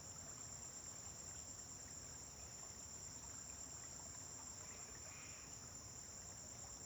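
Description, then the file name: Crickets give a constant high, shimmering trill; a brief faint chirp breaks in near the end, over a low rumbling hum. Several crickets on a farm at dawn, with vehicles passing on a distant road. "Amanhecer na fazenda com grilos veiculos passando em estrada longe"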